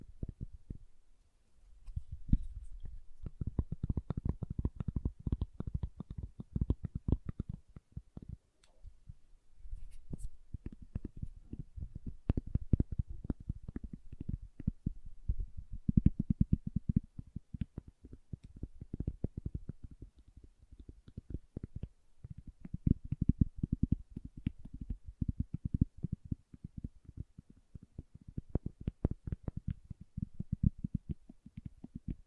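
Soap is tapped and carved in a dense run of short, muffled clicks and scrapes, mostly low and soft with an occasional brighter tick. The activity is fairly continuous, with brief pauses near 2, 9, 14 and 22 seconds.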